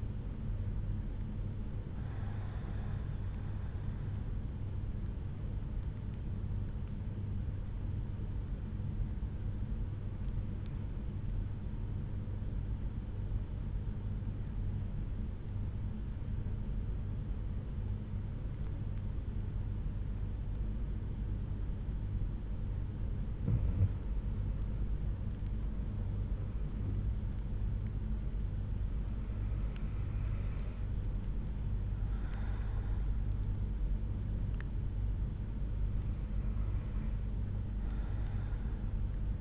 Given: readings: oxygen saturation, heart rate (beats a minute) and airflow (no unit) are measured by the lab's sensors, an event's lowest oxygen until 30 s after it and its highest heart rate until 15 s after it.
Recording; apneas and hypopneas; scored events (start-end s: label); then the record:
breathing in sleep by a smartphone at the bedside; 1
5.00-27.30 s: hypopnea (N1, oxygen 95% highest, then 92% lowest)
From the record:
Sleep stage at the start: N1 (lightest sleep); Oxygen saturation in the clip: 94 to 95%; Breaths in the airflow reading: 5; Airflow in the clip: -7.5 to 9.7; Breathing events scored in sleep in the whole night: 368 in 8.0 hours asleep